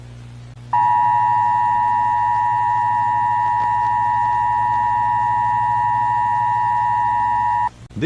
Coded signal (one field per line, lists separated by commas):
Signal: Emergency Alert System (SAME) tones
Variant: 853 and 960 Hz attention tone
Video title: EAS Scenario - Zombie Apocalypse